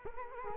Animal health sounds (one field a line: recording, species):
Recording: mosquito wingbeat signal from an infrared sensor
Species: Culex quinquefasciatus